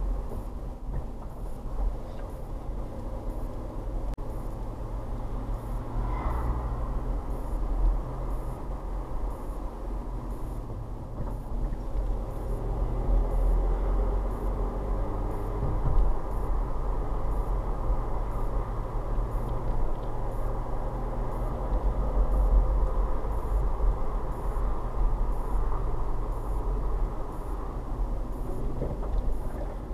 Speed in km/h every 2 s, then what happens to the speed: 23, 24, 27, 29, 31, 27, 27, 35, 37, 39, 40, 44, 42, 37, 27.
0-7 speeds up to 31. 7-12 steady at about 27. 12-21 speeds up to 44. 25-30 brakes to 27.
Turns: none.